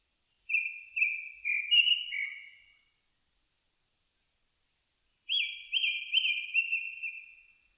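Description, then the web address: Japanese thrush song: two whistled phrases of quick slurred and trilled notes, the first about two seconds long, the second after a pause with rapid repeated elements. Recorded 4 May 2001. "2001 010504 kurotugumi"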